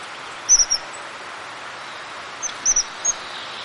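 Crested tit calling with quick, very high, purring trills, a burst near the start and a few more near the end, against constant background hiss.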